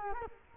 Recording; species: mosquito wingbeat signal from an infrared sensor; Culex quinquefasciatus